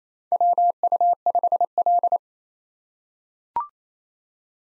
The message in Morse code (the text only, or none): WU5L